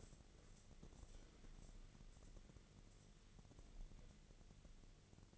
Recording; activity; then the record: daily activity, microphone in the room; wipe stove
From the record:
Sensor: 4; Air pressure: 1001.3 hPa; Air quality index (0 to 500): 186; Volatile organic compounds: 3 ppm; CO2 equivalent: 1332 ppm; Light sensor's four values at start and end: 13/30/12/13 and 13/30/12/13